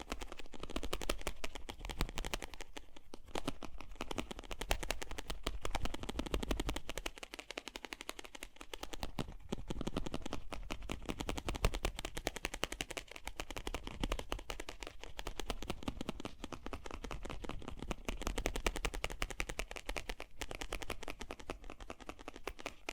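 Fast, gentle tapping runs continuously for the whole stretch, a dense rapid patter of small clicks with no real pauses. The level stays fairly even, with brief softer dips around seven and nine seconds, and the taps sound crisp and bright.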